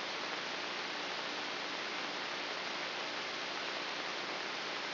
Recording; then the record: brain microelectrode recording played as sound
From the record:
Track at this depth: inside the subthalamic nucleus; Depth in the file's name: 3.502 mm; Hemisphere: left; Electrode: 2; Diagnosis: Parkinson's disease